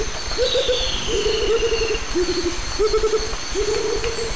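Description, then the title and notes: Rufous motmots trading short bursts of deep, rapid hoots, about five groups in quick succession, with crickets buzzing and a thin whistle above. Pair dueting; recorded 1998 near the Lake Arenal dam at forest edge at dawn; other birds, crickets and forest ambience in background. "Duet Rufous motmots. Dúo de Baryphthengus martii (Pájaro Bobo). Grabado en 1998 cerca de la represa del lago Arenal, al borde del bosque durante el amanecer. Además del pájaro Bobo, se escuchan otras aves de fondo, grillos y ambiente del bosque"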